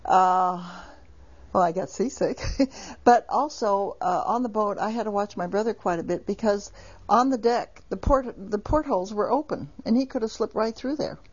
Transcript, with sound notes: Uh, well, I got seasick. ( she laughs ) But also, on the boat, I had to watch my brother quite a bit, because on the deck, the portholes were open, and he could have slipped right through there.